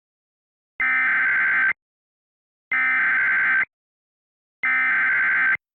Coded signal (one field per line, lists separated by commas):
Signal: Emergency Alert System (SAME) tones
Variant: header bursts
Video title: Exploding Arcade Cabinets (EAS Scenario)